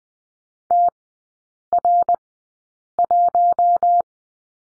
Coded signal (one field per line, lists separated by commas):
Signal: Morse code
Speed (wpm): 20 wpm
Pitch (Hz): 700 Hz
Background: none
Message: TR1